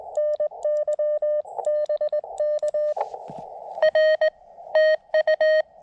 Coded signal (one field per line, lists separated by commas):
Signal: Morse code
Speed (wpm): 20 wpm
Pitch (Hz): 590 Hz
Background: none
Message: NYBK R TU